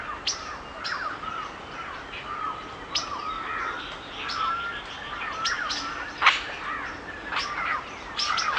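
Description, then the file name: Mixed birdsong of scattered high chirps and smooth gliding whistles, one loud harsh note near the end, over steady background hiss. Forest birds singing in the rain; natural forest soundscape. "Nature Sounds Sonido Del Bosque y Naturaleza It s Raining - Calming Nature Bird Songs"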